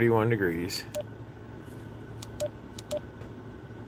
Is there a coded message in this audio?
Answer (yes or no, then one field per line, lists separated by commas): no